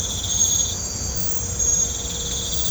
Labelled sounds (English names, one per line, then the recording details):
none
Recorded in pastures near Puerto Asís, Putumayo, Colombia, on 18 December 2024 at 03:00
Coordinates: 0.502, -76.324
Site G077